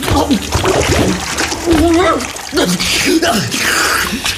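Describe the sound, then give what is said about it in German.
Water splashes and sloshes in several noisy bursts, strongest toward the end, while a man talks over it throughout. “Sie wollen doch Ihre Hände in Unschuld waschen, nicht? Da braucht man Wasser.”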